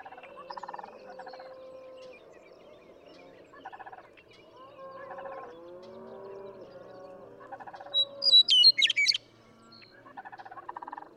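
Western meadowlark song: a single bright, rapid phrase of whistled and gurgled notes late, over intermittent pulsed trills and soft warbling.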